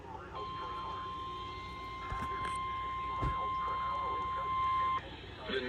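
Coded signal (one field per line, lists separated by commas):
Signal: Emergency Alert System (SAME) tones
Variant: 1050 Hz attention tone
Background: speech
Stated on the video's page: Severe thunderstorm warnings from stations WXJ31, KEC80 and FM station WABE.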